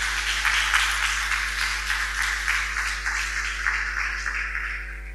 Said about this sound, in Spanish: Muy bien, un aplauso para la Argentina.